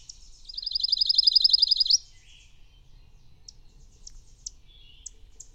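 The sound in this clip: Bird song: one high rattling trill lasting about a second and a half, followed by several short, sharp, high single notes spaced apart.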